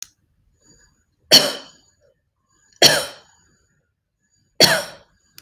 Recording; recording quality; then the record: shallow voluntary cough; excellent, no background noise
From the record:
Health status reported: healthy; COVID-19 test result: negative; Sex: female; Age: 55 years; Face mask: not worn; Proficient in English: yes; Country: India